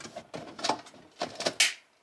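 The bottom panel of a plastic shoe storage box is pushed into the box frame, with a series of scraping, knocking handling sounds as it is worked into position. A sharp, loud click at 1.6 seconds marks the panel seating into place, followed by quiet.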